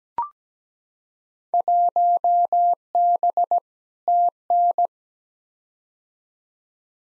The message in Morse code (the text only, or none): 1B TN